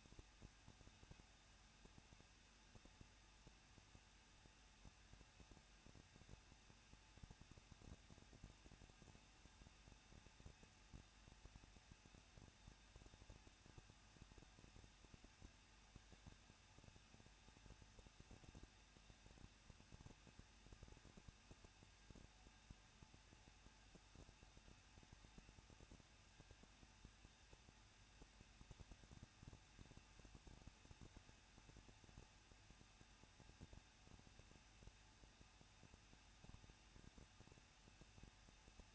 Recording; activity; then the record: daily activity, microphone in the room; no activity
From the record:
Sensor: 2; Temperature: 21.0 degrees Celsius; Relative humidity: 37.4%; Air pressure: 1006.2 hPa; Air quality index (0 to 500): 221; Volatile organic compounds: 24 ppm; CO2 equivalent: 2801 ppm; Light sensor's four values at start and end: 2/3/2/2 and 2/3/2/2